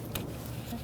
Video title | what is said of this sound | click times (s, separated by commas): How to Replace Upstream O2 Sensor 2000-2007 Ford Taurus 3.0L V6 | after we connect it so you're going to match it up push it in listen for the click | 0.2 s